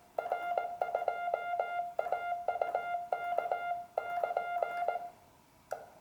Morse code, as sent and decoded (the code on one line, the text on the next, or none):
.-. ..--- .- ..- -.- -.--.
R2AUK<KN>